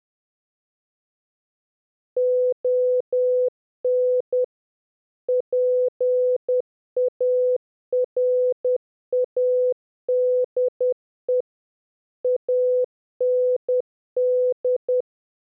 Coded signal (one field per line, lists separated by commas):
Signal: Morse code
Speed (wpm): 10 wpm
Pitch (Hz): 500 Hz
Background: none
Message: ON PARADE AND